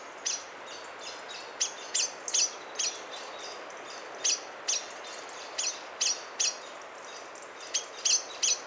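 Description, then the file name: Common blackbird giving sharp, high clicking chink calls in short irregular runs with brief pauses, over a soft steady background hiss. "Turdus merula"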